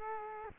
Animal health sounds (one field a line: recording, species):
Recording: mosquito wingbeat signal from an infrared sensor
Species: Culex quinquefasciatus